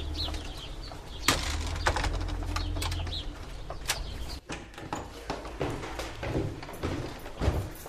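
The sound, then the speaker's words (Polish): White pigeons flap and clatter their wings in a series of sharp, irregular bursts over a steady low hum, with scattered soft rustles and knocks in between. “Małżonka moja zobaczyła na fotografii takie białe, piękne, jakie piękne gołębie. to są jej gołębiowy, te białe papiki.”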